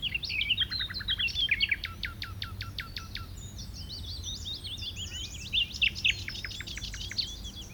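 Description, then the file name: Common nightingale song with fluty slurred notes, then a fast series of sharp clicking strokes, followed by a dense jumble of high twittering phrases; low background hum throughout. "Luscinia megarhynchos"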